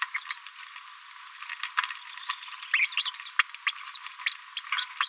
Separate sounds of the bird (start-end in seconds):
0.20-0.23, 0.30-0.38, 2.73-2.86, 2.97-3.10, 3.39-3.42, 3.67-3.73, 3.94-3.98, 4.03-4.10, 4.26-4.33, 4.57-4.64, 4.78-4.84, 5.00-5.08